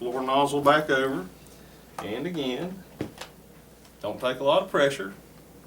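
A floor nozzle for a Shark vacuum is handled and pulled back over onto the vacuum wand while someone talks, and two short knocks are heard at about 3.0 and 3.2 seconds. Nothing has seated or clicked into place yet.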